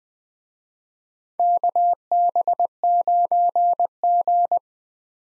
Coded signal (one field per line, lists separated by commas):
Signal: Morse code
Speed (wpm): 20 wpm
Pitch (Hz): 700 Hz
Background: none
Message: KB9G